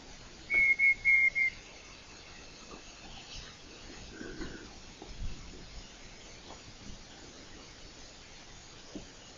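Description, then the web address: Night parrot giving four short, clear whistles in quick succession at a steady high pitch, followed by faint background hiss and soft scattered sounds. First recording of the species, made by John Young, 2019. "201902 John Young-first-night-parrot-recording"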